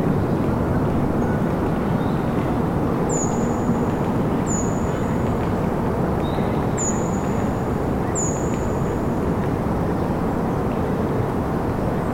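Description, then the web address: Bird song: thin, high, down-slurred whistles, four of them spaced a second or more apart, with fainter lower notes, over a loud, steady low rumble. Birdsong in a pine forest in winter. "sonidos de la naturaleza canto de los pajaros en un bosque de pinos invernal"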